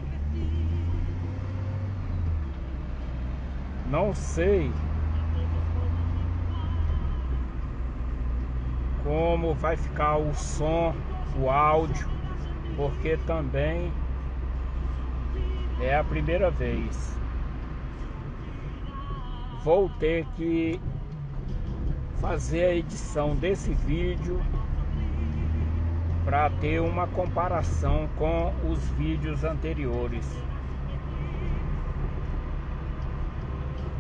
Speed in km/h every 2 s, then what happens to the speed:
21, 28, 34, 35, 38, 37, 36, 35, 32, 18, 17, 27, 34, 36, 37, 39, 38.
0-9 speeds up to 38. 9-18 slows to 18. 20-25 speeds up to 36. 25-34 steady at about 37.